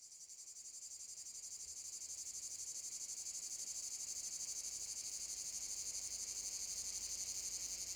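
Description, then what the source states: Cicadas buzzing, their high, pulsing chorus rising from quiet to steady over the first few seconds and holding an even rhythm. Cicada field at Domaine de la Sablière, Saint-Privat-de-Champclos, France; recorded with a Zoom H6 using an M/S microphone.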